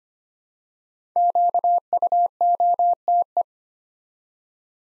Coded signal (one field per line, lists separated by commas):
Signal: Morse code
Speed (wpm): 25 wpm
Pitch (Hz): 700 Hz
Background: none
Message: QUOTE